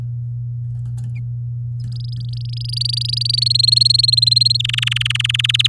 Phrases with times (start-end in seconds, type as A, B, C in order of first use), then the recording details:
1.80-3.52 A, 3.54-4.57 B, 4.59-5.51 C, 5.54-5.67 D. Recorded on 8 May 2018 at 10:22. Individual llb16